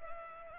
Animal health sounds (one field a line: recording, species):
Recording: mosquito wingbeat signal from an infrared sensor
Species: Culex pipiens